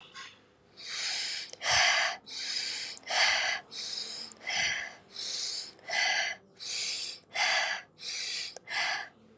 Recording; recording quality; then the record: shallow breathing; excellent, no background noise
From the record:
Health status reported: COVID-19 positive, mild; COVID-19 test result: positive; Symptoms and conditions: cough, cold, sore throat, fever, loss of smell and taste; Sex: female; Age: 20 years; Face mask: not worn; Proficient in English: yes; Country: India